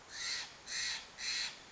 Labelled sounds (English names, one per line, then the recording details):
Steller's Jay
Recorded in Sonoma County, California